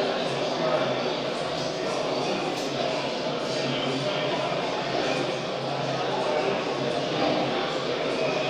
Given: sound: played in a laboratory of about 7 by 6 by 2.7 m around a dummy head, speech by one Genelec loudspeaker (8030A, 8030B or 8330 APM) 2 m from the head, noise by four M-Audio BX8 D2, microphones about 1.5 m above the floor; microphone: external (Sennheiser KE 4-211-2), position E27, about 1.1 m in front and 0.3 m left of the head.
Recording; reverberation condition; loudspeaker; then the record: cafeteria noise; high; four, about 170 cm from the corners of the room and facing them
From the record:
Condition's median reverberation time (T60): about 1300 ms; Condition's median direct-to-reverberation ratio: about -4.0 dB